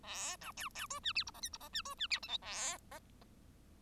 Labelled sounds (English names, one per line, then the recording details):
Bengalese Finch song
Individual Bird1